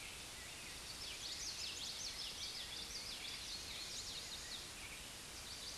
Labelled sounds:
Common Yellowthroat (Geothlypis trichas) song
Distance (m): 45 m
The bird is about 10 m below the microphone
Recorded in a Pennsylvania forest on 16 May 2024 at 06:56
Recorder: AudioMoth, point MSD-1307
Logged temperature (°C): 16.6 °C
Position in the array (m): 200 m, 81 m

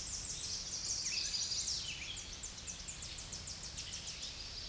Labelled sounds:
Tennessee Warbler (Leiothlypis peregrina) song
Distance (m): 50 m
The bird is about 30 m above the microphone
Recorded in a Pennsylvania forest on 16 May 2024 at 07:44
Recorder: AudioMoth, point MSD-0526
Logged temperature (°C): 16.6 °C
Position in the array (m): 138 m, 248 m

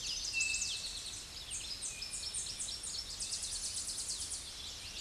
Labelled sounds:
Tennessee Warbler (Leiothlypis peregrina) song
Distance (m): 20 m
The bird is about 5 m above the microphone
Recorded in a Pennsylvania forest on 16 May 2024 at 07:48
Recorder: AudioMoth, point MSD-2039
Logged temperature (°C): 15.0 °C
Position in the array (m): 82 m, 75 m

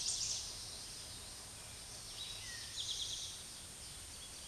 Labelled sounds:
Eastern Towhee (Pipilo erythrophthalmus) song
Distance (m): 35 m
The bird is about 5 m above the microphone
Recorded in a Pennsylvania forest on 16 May 2024 at 06:08
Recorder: AudioMoth, point MSD-2083
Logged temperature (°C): 16.7 °C
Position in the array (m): 108 m, 6 m

